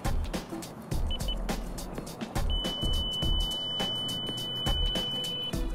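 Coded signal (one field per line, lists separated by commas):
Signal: beep code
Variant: Lexus navigation system beep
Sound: two short high beeps, then one long steady high beep of about 3 seconds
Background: music with percussive clicks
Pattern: 2 short, 1 long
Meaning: Navigation in motion has been engaged and the timer has been disabled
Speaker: The long beep will confirm that navigation and motion has been engaged and that the timer has been disabled.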